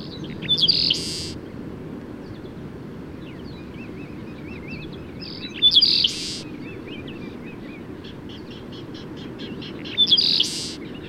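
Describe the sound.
Bird repeating a whistled phrase capped by a coarse buzz three times, about every five seconds, with a soft warbling trill between, over low rumble.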